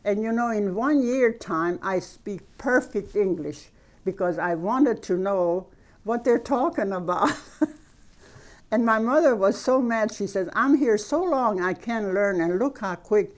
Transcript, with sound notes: And, you know, in one year's time I speak perfect English, because I wanted to know what they're talking about. ( she laughs ) And my mother was so mad, she says, "I'm here so long, I can't learn, and look how quick."